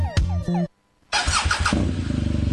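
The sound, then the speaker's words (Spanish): A motorcycle engine, in a Colombian radio advertisement for Motolux Sagún, a motorcycle parts store and workshop, catches after a short whining crank and a pause, roaring up in a loud burst before settling into a fast, rhythmic throbbing rev that quickens toward the end. “¿No sabes dónde comprar los repuestos para tu moto?”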